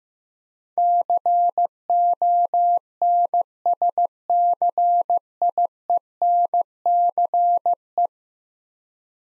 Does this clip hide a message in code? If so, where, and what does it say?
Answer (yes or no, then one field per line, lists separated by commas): yes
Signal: Morse code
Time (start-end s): 0.8-8.1 s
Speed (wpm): 15 wpm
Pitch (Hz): 700 Hz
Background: none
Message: CONSCIENCE